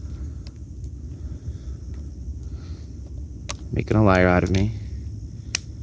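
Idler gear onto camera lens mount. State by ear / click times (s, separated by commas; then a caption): seated / 5.5 s. An idler gear is pressed back onto the lens mount of an Argus C3 rangefinder camera during a lens change. It sometimes needs a little wiggling, but this time it goes straight in. Over a low rumbling background someone talks, and the gear snaps into place with a sharp click at 5.6 s.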